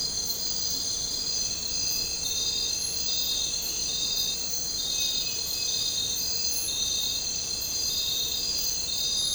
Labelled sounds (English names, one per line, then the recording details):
none
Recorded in dense forest near Puerto Asís, Putumayo, Colombia, on 13 March 2025 at 03:00
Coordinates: 0.467, -76.328
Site G041